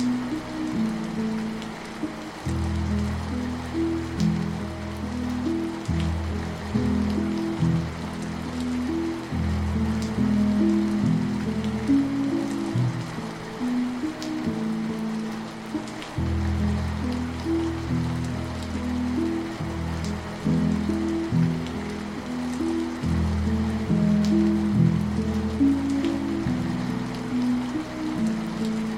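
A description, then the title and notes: Soft piano chords sit low and warm, each held for a second or two before shifting to the next, with brief gaps around five and sixteen seconds. A steady patter of rain hisses evenly underneath throughout, constant. Relaxing Music & Soothing Rain Sounds. A beautiful blend of soothing piano music and the gentle patter of raindrops.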